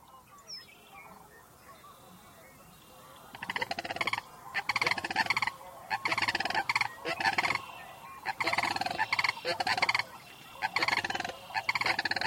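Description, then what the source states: Sandhill cranes giving loud rolling, rattling trumpet calls in bursts, starting after a few seconds of quiet background and overlapping through the rest. Sandhill cranes returning in fall to their winter home in the Sacramento region, coming home to roost as the sun sets over Mount Diablo.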